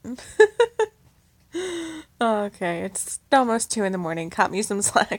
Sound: breathy